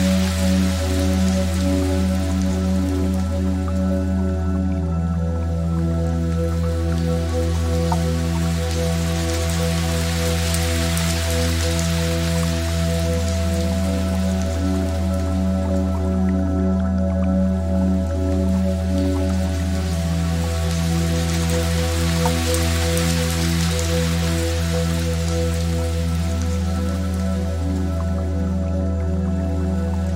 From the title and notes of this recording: Relaxing Music with Water Sounds. Immerse yourself in the ethereal fusion of gentle rain, harmonious Solfeggio frequencies, and the tranquil flow of a Japanese water stream.